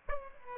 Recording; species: mosquito wingbeat signal from an infrared sensor; Aedes albopictus